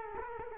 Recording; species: mosquito wingbeat signal from an infrared sensor; Culex quinquefasciatus